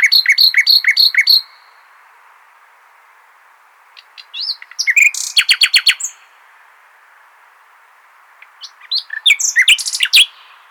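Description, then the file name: Common nightingale song: a series of repeated whistled notes, then two later phrases of varied sharp notes and fast clicking trills, with quiet gaps. "Luscinia megarhynchos"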